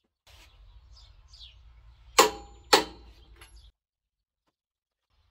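A click-type torque wrench set to 150 Nm is applied to an M16 bolt that was driven in by a compact DeWalt DCF 850 NT impact wrench, to check its tightening force. Over a low steady background rumble with faint high chirps, two sharp clicks ring out at 2.2 s and 2.7 s. The wrench clicks at its set value.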